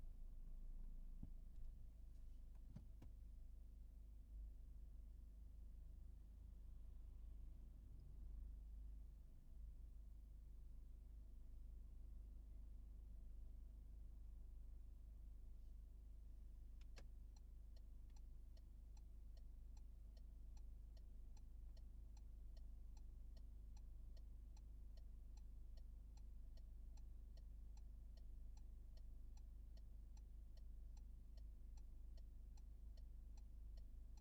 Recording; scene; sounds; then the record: everyday scene through a hearing-aid microphone; in a vehicle; engine idling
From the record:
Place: Berlingo II, diesel engine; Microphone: behind the ear, right, front